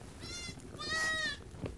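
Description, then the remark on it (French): Sheep bleat twice in quick succession, a shorter quavering call followed by a louder, longer wavering one, over a low, muffled background rumble. “Demain, le cyclope sortira ses moutons.”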